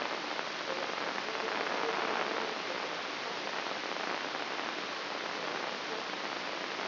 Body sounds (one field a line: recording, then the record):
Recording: brain microelectrode recording played as sound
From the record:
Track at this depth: inside the subthalamic nucleus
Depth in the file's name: 4.465 mm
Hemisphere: left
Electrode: 3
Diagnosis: Parkinson's disease